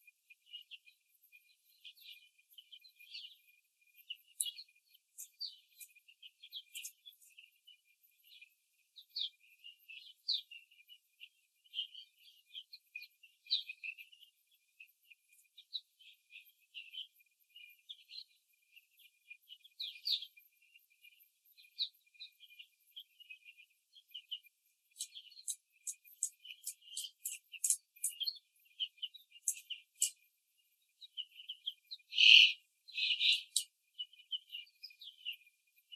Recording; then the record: young laying hens in a cage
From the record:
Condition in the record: before the stressor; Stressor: simulated dog barking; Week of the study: 3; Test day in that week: 1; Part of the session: 2